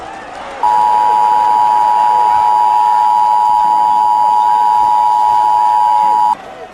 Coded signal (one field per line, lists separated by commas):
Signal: Emergency Alert System (SAME) tones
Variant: 853 and 960 Hz attention tone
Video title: (EAS Scenario) Invasion by Aliens